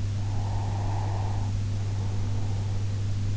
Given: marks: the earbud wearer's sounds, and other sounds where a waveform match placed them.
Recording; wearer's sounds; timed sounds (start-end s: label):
sounds in sleep by an in-ear microphone; breath
0.18-3.12 s: breath